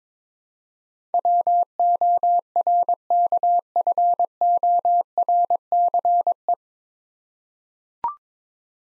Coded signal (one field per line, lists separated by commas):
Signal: Morse code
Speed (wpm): 22 wpm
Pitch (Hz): 700 Hz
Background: none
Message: WORKFORCE